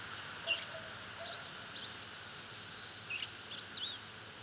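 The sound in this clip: Blue-gray gnatcatcher calls: a few thin, buzzy high notes, with faint softer notes between.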